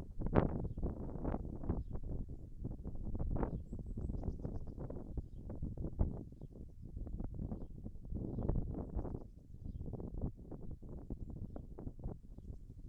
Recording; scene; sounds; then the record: everyday scene through a hearing-aid microphone; wind on the microphone; wind, birds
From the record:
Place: in front of a rural house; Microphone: behind the ear, left, front